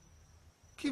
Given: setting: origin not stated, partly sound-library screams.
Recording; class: one-second piece from a danger detection set; normal situation